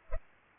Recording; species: mosquito wingbeat signal from an infrared sensor; Culex pipiens